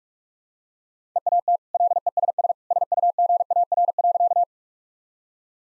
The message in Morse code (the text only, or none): EAT LESS SUGAR.